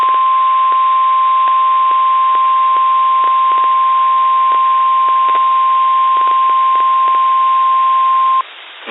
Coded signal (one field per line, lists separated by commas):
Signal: Emergency Alert System (SAME) tones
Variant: 1050 Hz attention tone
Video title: NOAA Weather Radio Weekly Test on WXJ42 Meriden, CT (5/25/22) (EAS #7)